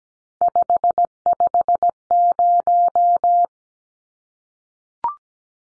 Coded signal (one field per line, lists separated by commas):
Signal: Morse code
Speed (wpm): 17 wpm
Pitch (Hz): 700 Hz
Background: none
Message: 550